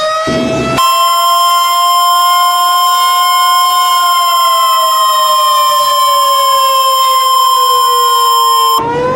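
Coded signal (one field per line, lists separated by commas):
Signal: Emergency Alert System (SAME) tones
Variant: 1050 Hz attention tone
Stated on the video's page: Actual EAS tones used in an entirely fictional alert scenario.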